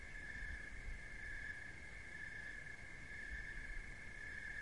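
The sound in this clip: Cricket keeping up an even, shrill trill, with faint low rumbling beneath.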